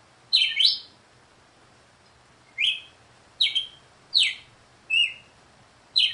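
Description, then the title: Red-cowled cardinal song: six short, bright whistled notes, some doubled, given in spaced bursts with pauses of half a second to two seconds. Female red-cowled cardinal singing; the song is presented as a way to get a male to sing the 'açoite' song style. "Canto Galo Campina Fêmea. COMO FAZER SEU GALO CAMPINA CANTAR AÇOITE"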